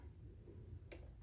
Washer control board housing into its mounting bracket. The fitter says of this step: till it clicks